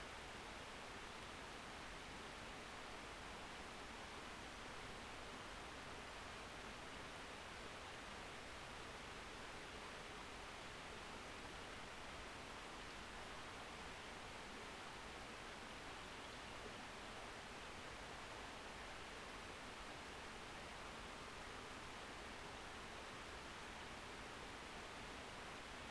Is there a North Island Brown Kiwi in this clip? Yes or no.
no